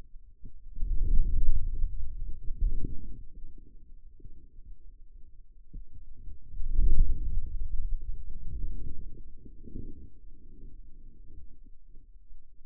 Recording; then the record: forearm muscle sounds (acoustic myography)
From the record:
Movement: hand closing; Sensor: system 2, bracelet of six BSWA MPA416 microphones around the upper forearm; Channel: 6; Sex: male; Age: 22 years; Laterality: right